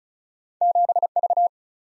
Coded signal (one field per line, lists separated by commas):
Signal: Morse code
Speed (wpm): 36 wpm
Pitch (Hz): 700 Hz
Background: none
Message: 7V